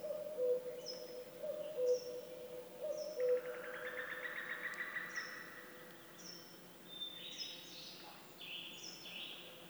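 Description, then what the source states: Birds calling: low hooting notes and high, falling whistles repeat, then a long, buzzy trill and some scratchy warbling. Woodland birdsong.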